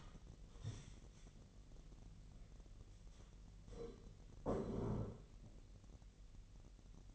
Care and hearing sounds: daily activity, microphone in the room; stand up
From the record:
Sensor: 4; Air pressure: 1002.5 hPa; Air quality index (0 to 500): 249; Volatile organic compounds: 38 ppm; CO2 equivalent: 3109 ppm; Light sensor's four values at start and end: 11/25/10/10 and 11/24/10/10

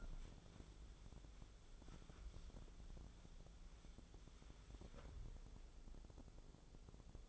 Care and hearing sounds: daily activity, microphone in the room; wipe stove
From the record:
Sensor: 5

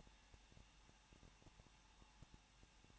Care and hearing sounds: daily activity, microphone in the room; no activity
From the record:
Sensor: 1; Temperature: 20.1 degrees Celsius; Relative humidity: 39.0%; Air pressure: 1006.6 hPa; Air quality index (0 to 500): 216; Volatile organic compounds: 71 ppm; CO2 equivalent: 3531 ppm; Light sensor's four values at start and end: 1/2/1/1 and 1/2/1/1

